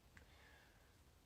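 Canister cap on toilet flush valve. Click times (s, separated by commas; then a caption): 0.2 s. A canister cap on a Kohler AquaPiston toilet flush valve is turned clockwise until it locks into place. A single short, sharp click is heard at 0.2 s, against a faint low steady background. The cap is seated in its locked position.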